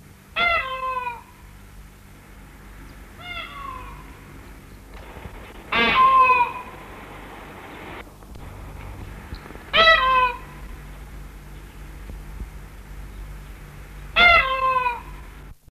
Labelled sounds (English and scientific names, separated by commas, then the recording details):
Indian Peafowl (Pavo cristatus) call
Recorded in captivity
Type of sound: call
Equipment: Halbspur, 9,5 cm/s
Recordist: Lütgens, Hans
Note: Zoo